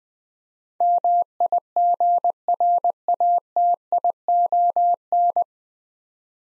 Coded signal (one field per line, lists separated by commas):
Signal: Morse code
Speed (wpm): 21 wpm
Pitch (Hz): 700 Hz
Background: none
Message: MIGRATION